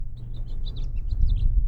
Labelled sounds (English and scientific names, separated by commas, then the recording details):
House Finch (Haemorhous mexicanus) song
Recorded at Oceanside on Long Island, New York, on 17 June 1975
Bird I